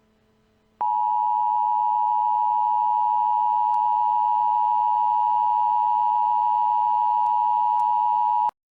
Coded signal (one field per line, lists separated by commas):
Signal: Emergency Alert System (SAME) tones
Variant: 853 and 960 Hz attention tone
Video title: EAS Scenario - Lights Out - 20 Subscriber Special!